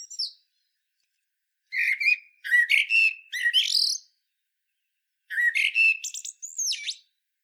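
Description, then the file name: Common blackbird song: two phrases of low, mellow warbling notes that end in a high, thin, squeaky twitter, with a long pause between them. No other sounds. "Turdus merula"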